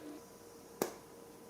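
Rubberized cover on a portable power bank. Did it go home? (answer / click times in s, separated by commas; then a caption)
yes / 0.8 s. The rubberized top cover on a heavy metal BioLite Charger 20 portable power bank is pressed closed, giving one short, sharp click at 0.8 s over a quiet background. The cover clicks shut and is seated.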